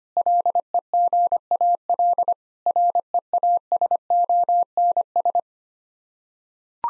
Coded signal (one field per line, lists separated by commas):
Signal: Morse code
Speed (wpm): 25 wpm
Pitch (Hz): 700 Hz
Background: none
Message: LEGAL REASONS